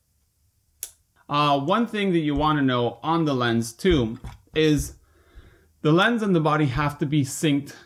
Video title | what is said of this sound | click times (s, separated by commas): Using Hasselblad C Lenses -- How To | that little red triangle there and turn it till you hear click | 0.8 s